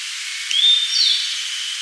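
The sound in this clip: Grey bunting song: a single thin, high whistled phrase, sliding up then dropping into a short twittering ending, over constant hiss.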